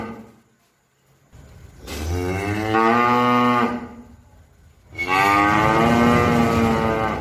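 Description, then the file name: Cow with two loud, sustained moos after a brief quiet start. "suara sapi"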